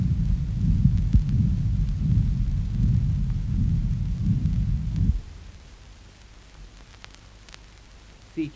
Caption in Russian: Аускультация сердцебиения плода при предлежании или низком прикреплении детского места дает возможность прослушать шум сосудов матери и плаценты.